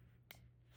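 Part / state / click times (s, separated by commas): choke lever on a small engine carburetor / seated / 0.3 s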